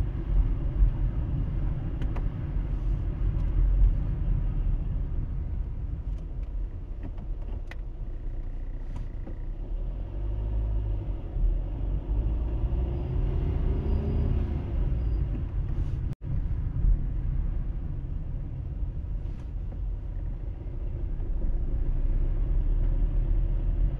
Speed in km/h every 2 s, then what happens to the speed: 22, 20, 10, 4, 3, 10, 16, 17, 15, 8, 13, 18.
0-7 slows to 3. 7-13 speeds up to 17. 13-19 slows to 8. 19-21 speeds up to 18.